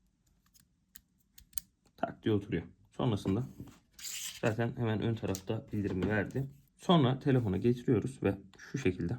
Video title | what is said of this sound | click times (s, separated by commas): 🎙️ DJI Mic 2 - Vlog Ekipmanlarımızın İlki! | Es rastet ein. | 1.6 s